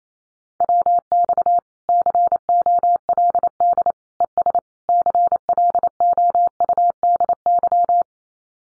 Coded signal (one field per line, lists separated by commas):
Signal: Morse code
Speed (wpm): 28 wpm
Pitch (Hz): 700 Hz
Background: none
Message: WX COLD ES CLOUDY